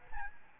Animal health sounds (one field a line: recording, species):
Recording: mosquito wingbeat signal from an infrared sensor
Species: Aedes albopictus